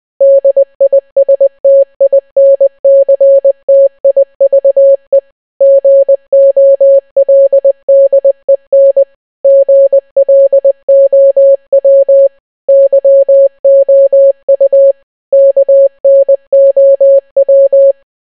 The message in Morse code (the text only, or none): DISTINCTIVE GOLDEN GLOW YOU KNOW